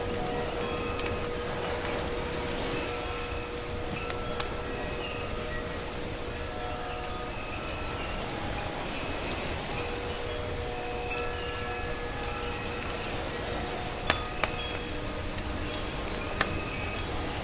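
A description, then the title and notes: Birds sing over a steady, dense wash of soft waves that stays even throughout. Sustained, bell-like tones ring out at several pitches, and a few sharp firewood crackles snap out, most clearly near 4 seconds and again around 14 to 16 seconds. Come to the quiet and leisurely beautiful island to feel the embrace of nature, the singing of birds, soft waves and firewood.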